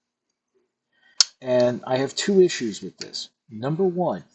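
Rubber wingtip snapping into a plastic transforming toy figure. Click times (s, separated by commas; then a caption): 1.2 s. A soft rubber wingtip on a plastic Transformers EarthSpark Flip Changer toy figure (Swindle and Soundwave) is flipped out and snaps into place with one sharp click at 1.2 s. Someone then talks, noting the wingtips are very hard to snap into place.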